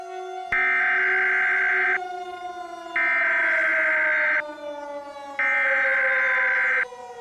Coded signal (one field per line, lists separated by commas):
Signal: Emergency Alert System (SAME) tones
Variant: header bursts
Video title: The Nuclear Supervolcano: An EAS Scenario